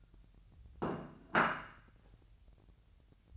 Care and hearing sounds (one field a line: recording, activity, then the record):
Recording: daily activity, microphone in the room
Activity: place plate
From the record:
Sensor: 2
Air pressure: 1000.0 hPa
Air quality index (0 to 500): 132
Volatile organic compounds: 2 ppm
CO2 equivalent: 1126 ppm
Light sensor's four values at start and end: 26/65/28/30 and 26/65/28/30